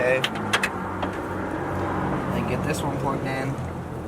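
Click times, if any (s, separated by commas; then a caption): none. During a swap of an 08-and-newer side mirror onto a 99–07 Super Duty or 00–05 Excursion, a plastic mirror harness connector is handled by hand near the truck door wiring connector while someone talks over a steady vehicle background hum. Two brief sharp handling sounds come at about 0.5 and 0.6 seconds. Nothing has seated or clicked yet by the end of the clip.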